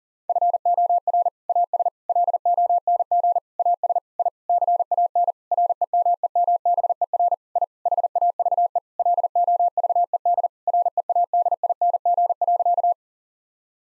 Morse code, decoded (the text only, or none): FOR AS LONG AS I CAN REMEMBER I HAVE LOVED READING.